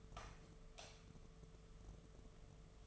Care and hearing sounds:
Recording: daily activity, microphone in the room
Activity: light off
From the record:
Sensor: 4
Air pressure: 1015.5 hPa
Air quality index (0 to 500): 174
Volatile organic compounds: 7 ppm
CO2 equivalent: 2017 ppm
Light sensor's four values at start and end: 17/42/17/17 and 16/39/16/16

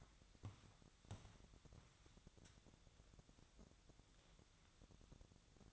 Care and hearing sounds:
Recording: daily activity, microphone in the room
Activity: walk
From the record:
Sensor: 3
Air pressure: 1012.2 hPa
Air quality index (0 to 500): 186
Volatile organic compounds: 3 ppm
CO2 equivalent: 1427 ppm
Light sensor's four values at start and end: 52/138/59/62 and 64/152/71/77

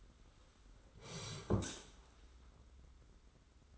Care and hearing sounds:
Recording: daily activity, microphone in the room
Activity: sit down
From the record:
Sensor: 3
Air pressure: 991.6 hPa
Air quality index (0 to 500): 166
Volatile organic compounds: 1000 ppm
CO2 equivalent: 5494 ppm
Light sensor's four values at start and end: 35/100/41/35 and 36/104/42/36

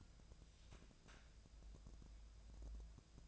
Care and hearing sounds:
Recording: daily activity, microphone in the room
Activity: take from stove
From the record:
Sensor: 2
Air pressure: 999.9 hPa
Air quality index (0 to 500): 121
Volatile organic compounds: 2 ppm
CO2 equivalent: 1048 ppm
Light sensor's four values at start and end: 37/90/40/45 and 37/90/40/45

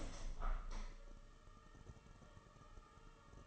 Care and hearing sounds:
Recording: daily activity, microphone in the room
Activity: open window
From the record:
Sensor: 4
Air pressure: 1000.7 hPa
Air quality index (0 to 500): 243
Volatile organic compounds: 40 ppm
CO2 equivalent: 3151 ppm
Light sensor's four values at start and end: 9/20/8/8 and 9/21/8/8

